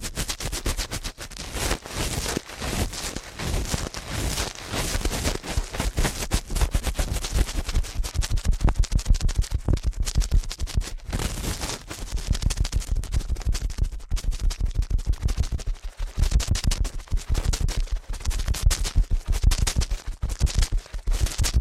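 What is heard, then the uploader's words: Ear cleaning at a very fast pace: a dense, continuous stream of rapid scratchy rubbing and crackling strokes runs the whole 22 seconds. The rhythm stays quick and busy with little variation, with brief lighter gaps around 11 and 15 seconds. ASMR Ear Cleaning at Helicopter Speed.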